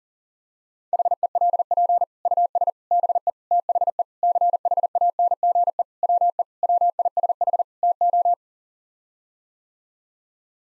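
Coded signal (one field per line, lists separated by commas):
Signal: Morse code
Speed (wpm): 37 wpm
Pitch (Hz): 700 Hz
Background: none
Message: HELP US BE THE CHANGE WE WISH TO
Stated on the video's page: Head-copy practice drill of common eight-word groups sent at 40 wpm, each set sent, spoken, then sent again.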